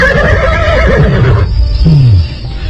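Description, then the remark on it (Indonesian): A horse being led by hand lets out a loud, quavering whinny that starts high and wavers before sliding down into a low, snorting descent, with no voices present. “Dan pada saat kembali lagi, tangannya sudah menuntun seekor kuda.”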